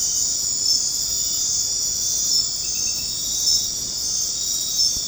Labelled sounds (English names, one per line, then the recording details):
none
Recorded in dense forest near Puerto Asís, Putumayo, Colombia, on 4 March 2025 at 20:30
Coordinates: 0.500, -76.322
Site GP06